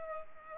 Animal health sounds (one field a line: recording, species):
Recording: mosquito wingbeat signal from an infrared sensor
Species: Culex pipiens